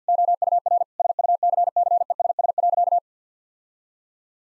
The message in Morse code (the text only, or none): OUR SUCCESS.